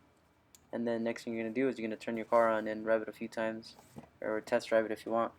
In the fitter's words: this guy here so just plug it back in place and you should hear it snap in place